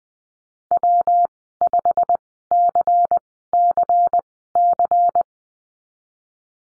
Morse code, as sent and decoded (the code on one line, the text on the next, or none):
.-- ..... -.-. -.-. -.-.
W5CCC